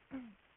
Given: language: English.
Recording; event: throat vibration sensor signal played as sound; throat clearing